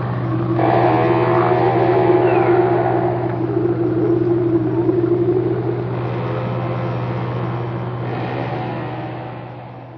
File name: crabeater